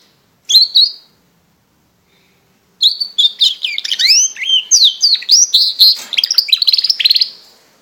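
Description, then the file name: Border canary song opening with two brief high notes, a pause, then a lively stream of swooping whistles and quick chattering trills. "canto do canario border"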